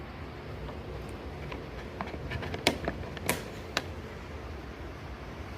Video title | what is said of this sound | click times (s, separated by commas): 2009 - 2012 Dodge Ram Window Regulator Replacement | Just like that. You should hear a click. | 2.7 s